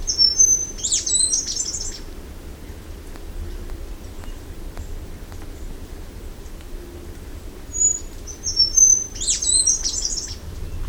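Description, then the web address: Scaled flowerpiercer song: two short bursts of high thin whistles and rapid tinkling twitter, one at the start and one near the end, over low rumbling noise. "sound Scaled-flowerpiercer. دانلود-صدای-پرنده-گل-شکاف-پولکدار"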